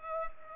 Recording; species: mosquito wingbeat signal from an infrared sensor; Culex pipiens